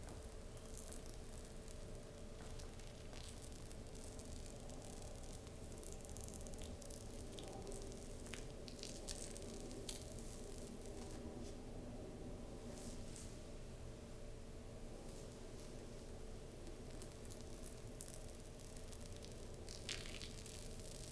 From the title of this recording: Slow, gentle back scratch with fabric sounds no whisper